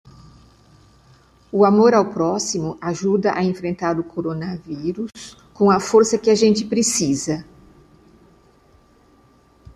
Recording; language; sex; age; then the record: spoken sentence; Brazilian Portuguese; female; 60 to 69 years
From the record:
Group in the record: control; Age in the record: 68 years